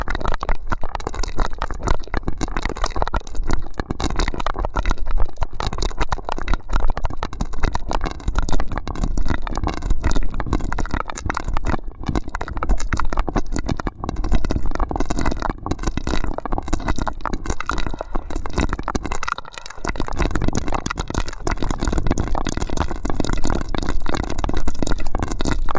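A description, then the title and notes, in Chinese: Binaural mouth sounds through a straw: dense, rapid wet clicks and crackles run nonstop and evenly, with one brief pause near twenty seconds. 双耳吸食脑子吸管口腔音。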